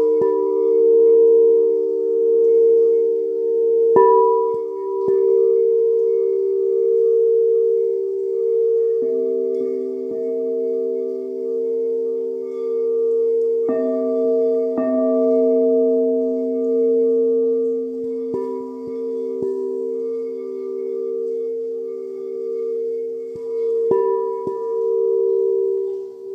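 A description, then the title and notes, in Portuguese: Quartz bowls ring in long, pure, sustained tones that overlap and hum steadily throughout. Fresh strikes land every few seconds, around 4, 9, 14, 18 and 24 seconds, each adding a new pitch over the lingering drone, with a faint wavering pulse in the sound. Breve Relax com as Tigelas de Quartzo.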